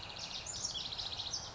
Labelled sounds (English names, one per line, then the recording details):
House Wren
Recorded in Sonoma County, California